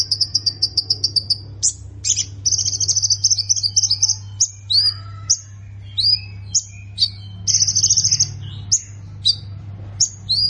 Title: Ciblek Sawah